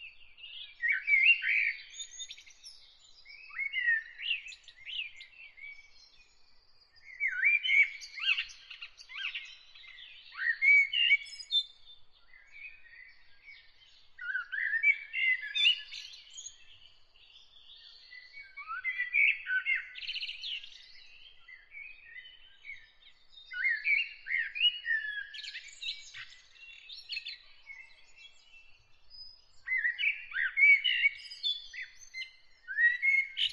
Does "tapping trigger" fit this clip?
no